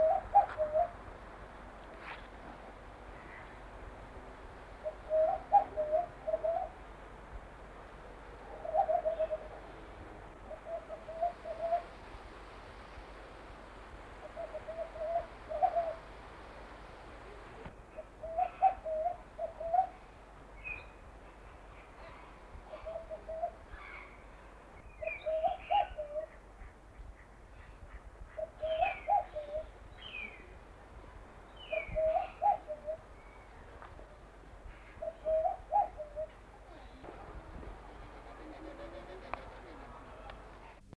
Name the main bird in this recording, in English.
Bar-shouldered Dove